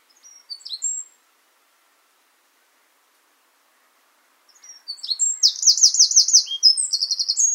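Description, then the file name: Eurasian wren song: a few thin high notes, a long silence, then a fast, piercing phrase with two dry trills near the end. "Troglodytes troglodytes"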